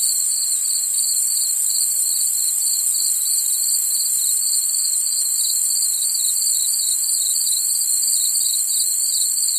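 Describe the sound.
Cricket: a high pulsing insect trill runs continuously beneath a thin, steady shrill whine, with no breaks or other sounds.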